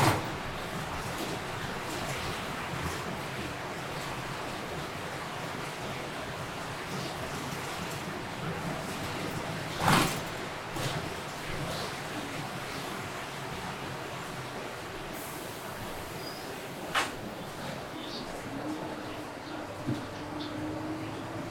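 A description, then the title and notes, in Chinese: A city-bound bus on a rainy day rolls along with a steady, dense rushing hiss, likely rain and tyres on wet road, over a low engine rumble. Sharp knocks or thumps break through around 10 seconds, and briefer ones near 17 and 20 seconds. 雨天的出城公交。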